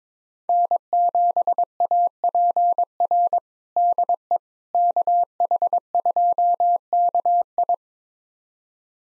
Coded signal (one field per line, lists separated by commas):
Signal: Morse code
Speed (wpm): 22 wpm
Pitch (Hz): 700 Hz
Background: none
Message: N7APR DE KH2KI